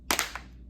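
After a drop test separated a laptop's plastic bottom cover at one corner, the cover is pressed back onto the chassis. A sharp snap is heard at 0.1 seconds, followed by two quieter clicks at about 0.2 and 0.4 seconds. The bottom cover is seated and the bezel clicks into place.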